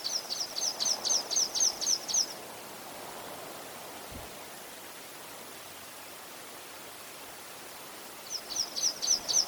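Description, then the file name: Water pipit calls as short runs of rapid high chirps at the start and end, with a long quiet stretch of steady background hiss between them. "Spioncello"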